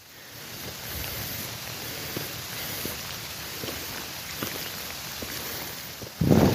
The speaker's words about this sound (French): Et voilà, ça fait 30 minutes que je marche et je suis déjà sous la pluie tropicale.